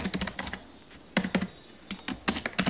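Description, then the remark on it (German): Typing on a computer keyboard at a computer workstation in the parent-child room of the Deutsche Forschungsgemeinschaft in Bonn: quick bursts of sharp, clicky keystrokes in uneven clusters, with short pauses between runs. No one speaks. “Für die Großen einen Bildschirmarbeitsplatz.”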